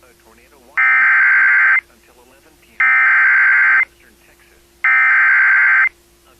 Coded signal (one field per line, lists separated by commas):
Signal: Emergency Alert System (SAME) tones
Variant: header bursts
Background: speech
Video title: ANOTHER MDT DAY IN TEXAS! EAS Alerts from 5/17/2021 (EAS #302-324)